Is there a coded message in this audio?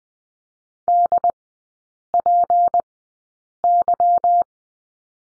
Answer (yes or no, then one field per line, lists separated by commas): yes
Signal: Morse code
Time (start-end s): 0.9-4.4 s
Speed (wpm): 20 wpm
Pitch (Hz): 700 Hz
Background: none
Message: DPY